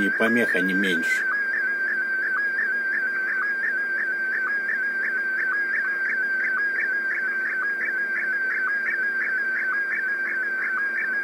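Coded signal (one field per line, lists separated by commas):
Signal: SSTV (slow-scan television)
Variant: Scottie DX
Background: speech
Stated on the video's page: SSTV general call on 7165 kHz at 5 and 100 watts, monitored through a German web SDR 2000 km away.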